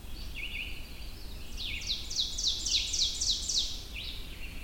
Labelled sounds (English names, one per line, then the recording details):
Ovenbird song
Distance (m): 25 m
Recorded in boreal forest in Alberta, Canada, on 22 June 2016 at 05:26
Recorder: SongMeter 3, array SBT-6-76
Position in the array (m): 149 m, 104 m
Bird 3